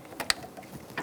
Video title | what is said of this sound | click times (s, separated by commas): How to Replace Coolant Reservoir 2002-2006 Honda CR-V | Make sure you hear that click. | 0.3 s